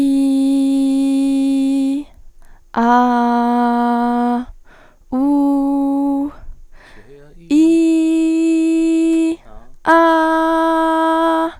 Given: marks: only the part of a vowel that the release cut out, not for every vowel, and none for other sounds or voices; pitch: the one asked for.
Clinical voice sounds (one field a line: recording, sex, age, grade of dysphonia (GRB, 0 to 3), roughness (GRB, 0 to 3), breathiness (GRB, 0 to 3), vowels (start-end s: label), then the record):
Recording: sustained vowels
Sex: female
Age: 20 to 29 years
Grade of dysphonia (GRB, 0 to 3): 0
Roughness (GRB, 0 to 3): 0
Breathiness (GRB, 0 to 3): 0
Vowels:
0.00-1.92 s: vowel /i/, normal pitch
3.06-4.32 s: vowel /a/, normal pitch
5.34-6.22 s: vowel /u/, normal pitch
7.66-9.25 s: vowel /i/, high pitch
10.02-11.43 s: vowel /a/, high pitch
From the record:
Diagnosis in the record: healthy voice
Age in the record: 21 years